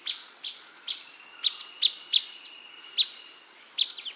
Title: LuckyPassaro Completos2Sama. Blackish Pewee (Contopus nigrescens canescens (ssp assumed from location))